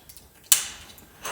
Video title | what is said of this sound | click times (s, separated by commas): How to Change KTM WP Xplor Fork Seals | you want to hear a clicking sound when it's | 0.5 s